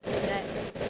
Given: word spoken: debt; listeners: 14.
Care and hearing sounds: one English word in noise, from a listening test; noise modulated by three-talker babble; -4.5 dB; 0 of 14; 8 of 14; 0.49 s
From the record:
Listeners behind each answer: 8, 1, 1, 1, 1, 1, 1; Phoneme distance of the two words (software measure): 20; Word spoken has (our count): 1 syllable, 3 phonemes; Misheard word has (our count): 1 syllable, 3 phonemes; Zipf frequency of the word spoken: 4.79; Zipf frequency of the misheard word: 4.65

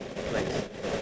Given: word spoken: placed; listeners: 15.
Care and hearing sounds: one English word in noise, from a listening test; noise modulated by three-talker babble; -6.1 dB; 0 of 15; 11 of 15; 0.62 s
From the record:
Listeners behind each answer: 11, 3, 1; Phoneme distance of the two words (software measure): 7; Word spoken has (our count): 1 syllable, 5 phonemes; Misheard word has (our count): 1 syllable, 4 phonemes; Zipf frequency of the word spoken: 4.40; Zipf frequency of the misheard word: 5.78

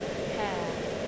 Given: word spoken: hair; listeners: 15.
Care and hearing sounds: one English word in noise, from a listening test; speech-shaped noise; -4.6 dB; 4 of 15; 9 of 15; 0.68 s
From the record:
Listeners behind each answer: 9, 4, 1, 1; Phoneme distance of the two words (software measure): 10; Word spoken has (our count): 1 syllable, 2 phonemes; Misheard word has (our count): 1 syllable, 2 phonemes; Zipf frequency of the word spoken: 5.03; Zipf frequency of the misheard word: 3.83

